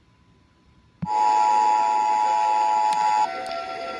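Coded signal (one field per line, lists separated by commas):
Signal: Emergency Alert System (SAME) tones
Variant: 853 and 960 Hz attention tone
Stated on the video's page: Prank EAS alert.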